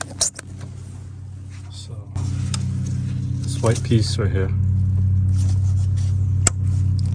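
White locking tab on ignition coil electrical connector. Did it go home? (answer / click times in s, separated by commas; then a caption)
released / 6.5 s. Someone talks over a steady low hum while pushing the white secondary locking tab on a BMW ignition coil electrical connector so it unlocks and slides out before the plug is removed. A sharp click at 6.5 s marks the tab releasing.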